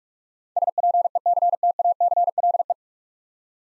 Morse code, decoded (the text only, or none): SPECTACLE